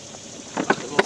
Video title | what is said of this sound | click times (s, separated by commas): 2018 BMW K1600GTL Mini Documentary /Customer Delivery with Frontline Eurosports !!! | slide that back into its place you hear it pop in | 0.7 s, 1.0 s